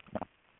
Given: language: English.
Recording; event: throat vibration sensor signal played as sound; swallow